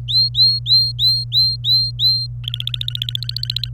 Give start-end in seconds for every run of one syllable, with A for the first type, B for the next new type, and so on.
0.08-2.26 A, 2.44-3.69 B